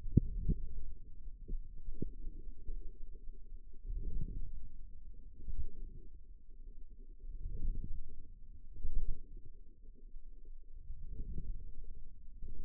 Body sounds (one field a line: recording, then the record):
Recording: forearm muscle sounds (acoustic myography)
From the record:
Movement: outward rotation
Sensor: system 2, bracelet of six BSWA MPA416 microphones around the upper forearm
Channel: 4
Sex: male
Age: 22 years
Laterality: right